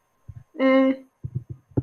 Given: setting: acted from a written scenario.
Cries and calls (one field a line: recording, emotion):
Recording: vocal sound without words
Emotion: neutral